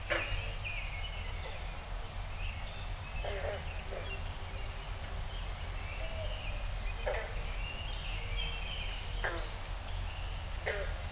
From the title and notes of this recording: Dawn Recording in My Backyard. As always, the Zoom F6 and Audio Technica BP 4025 microphone performed flawlessly. I am very fortunate to live on a small inland lake in northern Michigan.